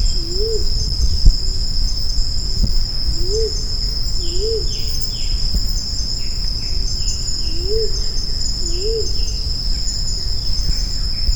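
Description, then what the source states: Grey imperial pigeon repeating low hooting notes, five arched calls in loose groups, with a constant high-pitched insect chorus and scattered faint chirps behind. Recorded on Maratua.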